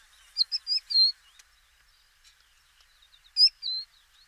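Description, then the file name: Crested lark song fragments: a quick run of whistled notes early on, a pause with faint clicks, then another pair of clear whistles near the end. "búbospacsirta-hangja"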